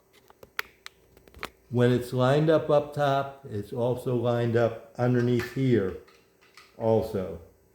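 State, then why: Not seated. A riser block is being handled onto a Gen 4 Pro knife sharpener's base, with a few faint sharp taps early on before someone talks about the block lining up on top and underneath. Nothing has seated or clicked yet.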